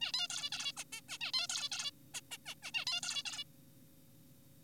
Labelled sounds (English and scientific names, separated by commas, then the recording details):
Zebra Finch (Taeniopygia guttata)
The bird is an adult
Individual g4p5U